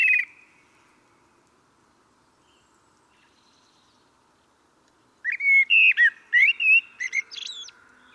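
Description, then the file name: Common blackbird: a single clipped whistle, a long silence, then a mellow warbled phrase ending in a higher, squeaky twitter. "Turdus merula"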